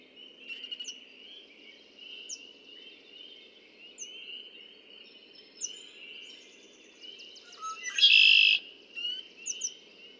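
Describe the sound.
Red-winged blackbird song: a single loud rasping trill late, with scattered thin high chirps and a constant high-pitched drone behind.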